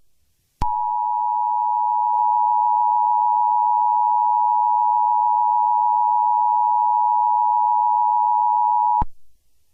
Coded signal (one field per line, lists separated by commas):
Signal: Emergency Alert System (SAME) tones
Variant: 853 and 960 Hz attention tone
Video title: EAS Scenario #52: Winter Storm Of the Century: P1 (READ DESCRIPTION)